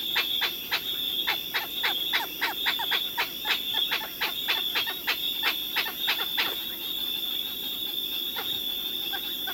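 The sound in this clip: Senegal galago calling in a rapid series of short, harsh, clicking croaks, roughly three per second, with a steady high insect-like whine running underneath.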